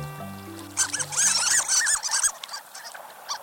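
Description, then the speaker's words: Harlequin Duck squeaks, a rapid series of high, thin, arched squeaky notes, after a few low steady tones. Harlequins squeak rather than sounding like typical ducks, earning the nickname sea mice. "Some, like the harlequin, squeak, earning them the nickname of sea mice."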